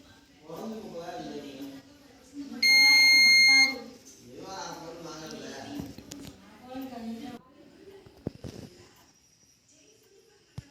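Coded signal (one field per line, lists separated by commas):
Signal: beep code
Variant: CCTV DVR alarm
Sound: a man talking, with one loud steady high beep lasting about a second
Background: speech, indoor room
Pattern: 1 long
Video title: How to stop CCTV camera | DVR Beep sound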